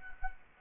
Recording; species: mosquito wingbeat signal from an infrared sensor; Culex quinquefasciatus